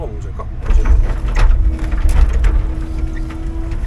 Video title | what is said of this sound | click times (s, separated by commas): 2 punaisen viivan tauti selätetty, Puutukkurin mainoksen uhri ja 5 erän tukkikuorma Tervolaan.. | mikä siellä on välissä kun ei mene kiinni | none